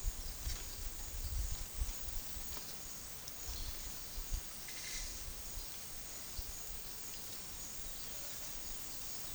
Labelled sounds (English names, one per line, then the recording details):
none
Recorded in pastures near Puerto Asís, Putumayo, Colombia, on 23 June 2025 at 10:30
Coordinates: 0.466, -76.322
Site GP07